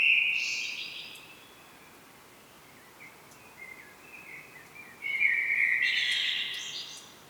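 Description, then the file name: Common blackbird song: a short fluty phrase with a high squeaky ending, a quiet pause with faint notes, then a second warbled phrase rising into a thin twitter. "Turdus merula"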